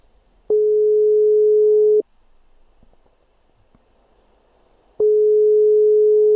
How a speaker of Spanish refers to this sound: Pero solo suena, ¿eh? Porque aquí no coge nadie el teléfono.